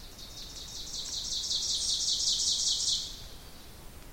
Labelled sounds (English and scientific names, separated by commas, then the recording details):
Ovenbird (Seiurus aurocapilla) song
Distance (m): 15 m
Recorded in boreal forest in Alberta, Canada, on 2 June 2016 at 07:01
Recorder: SongMeter 3, array SBT-3-7
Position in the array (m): 238 m, 38 m
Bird 6